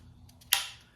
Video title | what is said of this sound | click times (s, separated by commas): S&W FPC Charging handle hitting you update 3/20/2024 | You'll hear it click. That's what should happen. | 0.5 s